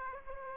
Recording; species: mosquito wingbeat signal from an infrared sensor; Aedes aegypti